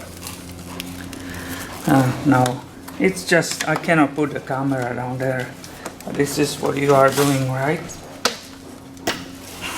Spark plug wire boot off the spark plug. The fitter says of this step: heard that click again right it came out